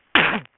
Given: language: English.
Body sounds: throat vibration sensor signal played as sound; cough

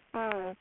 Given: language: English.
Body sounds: throat vibration sensor signal played as sound; speech

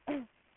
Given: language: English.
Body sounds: throat vibration sensor signal played as sound; cough

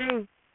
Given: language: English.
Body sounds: throat vibration sensor signal played as sound; speech

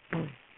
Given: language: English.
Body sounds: throat vibration sensor signal played as sound; throat clearing

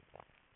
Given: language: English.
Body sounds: throat vibration sensor signal played as sound; swallow

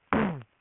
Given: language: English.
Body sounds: throat vibration sensor signal played as sound; throat clearing

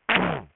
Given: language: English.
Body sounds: throat vibration sensor signal played as sound; throat clearing

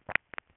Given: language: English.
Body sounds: throat vibration sensor signal played as sound; swallow

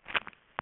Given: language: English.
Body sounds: throat vibration sensor signal played as sound; swallow

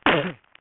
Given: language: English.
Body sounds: throat vibration sensor signal played as sound; cough

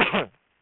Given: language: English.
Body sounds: throat vibration sensor signal played as sound; cough

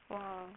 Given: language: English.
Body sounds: throat vibration sensor signal played as sound; speech

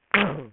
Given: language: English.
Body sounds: throat vibration sensor signal played as sound; throat clearing

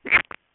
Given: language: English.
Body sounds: throat vibration sensor signal played as sound; swallow

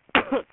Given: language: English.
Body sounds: throat vibration sensor signal played as sound; cough

